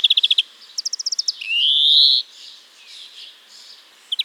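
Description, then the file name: European greenfinch delivering quick trilled bursts, then a long, nasal, rising wheeze lasting under a second, followed by quieter twitters and a final short trill. "Chloris chloris"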